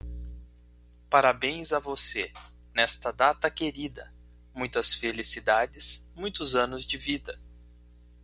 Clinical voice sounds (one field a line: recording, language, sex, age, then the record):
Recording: short text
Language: Brazilian Portuguese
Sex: male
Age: 30 to 39 years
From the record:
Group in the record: control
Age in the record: 39 years